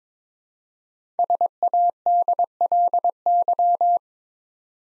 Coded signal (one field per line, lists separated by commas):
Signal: Morse code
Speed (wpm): 22 wpm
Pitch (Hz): 700 Hz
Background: none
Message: SADLY